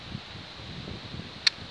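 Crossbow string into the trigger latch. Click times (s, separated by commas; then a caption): 1.5 s. A Scorpyd Deathstalker 420 crossbow is cocked with a TenPoint ACU Pro crank cocking device, giving low rumbling handling noise and faint bumps. At the end of the draw, the string latches into the trigger with a small, sharp click at 1.5 s. No one talks.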